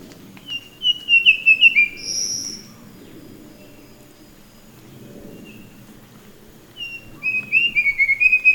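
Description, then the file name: Verditer flycatcher song in two bursts of quick whistled, slurred notes separated by a few seconds of quiet background noise. "sikatan biru muda"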